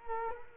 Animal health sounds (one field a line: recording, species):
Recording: mosquito wingbeat signal from an infrared sensor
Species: Culex quinquefasciatus